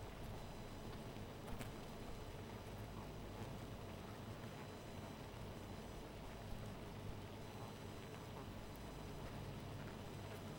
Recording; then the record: honeybee colony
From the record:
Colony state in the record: missing queen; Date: 14 July 2017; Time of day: 2:41